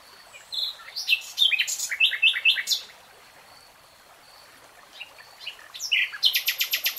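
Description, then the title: Nightingale song: varied loud phrases of chirps, slurred whistles and rapid notes, a pause with a soft whistle, then a fast rattling trill. Nightingale singing, in real time. "[Tiếng chim hót] 3 Hours REALTIME Nightingale Singing"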